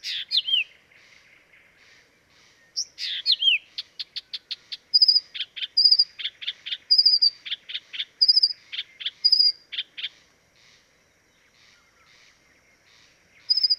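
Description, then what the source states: Blyth's reed warbler singing, a varied run of sharp chirps, downslurred whistles and rapid clicking notes, with short pauses between phrases. Dviete.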